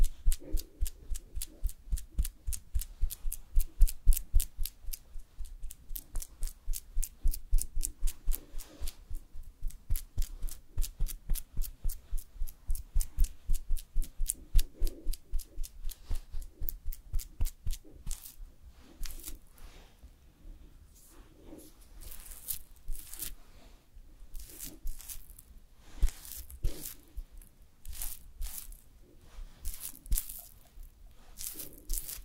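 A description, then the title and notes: Makeup and hair styling sounds: for the first eighteen seconds or so, quick, regular crisp taps and clicks come in a steady stream. After that the rhythm loosens into sparser, softer brushing and swishing strokes with irregular gaps and a faint low rumble underneath. ASMR Doing Your Makeup and Hair Styling for Party(No Talking).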